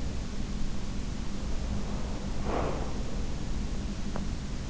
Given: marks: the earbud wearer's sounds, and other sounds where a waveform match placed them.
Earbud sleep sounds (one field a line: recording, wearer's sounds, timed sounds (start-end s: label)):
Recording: sounds in sleep by an in-ear microphone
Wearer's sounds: breath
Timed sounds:
1.29-3.67 s: breath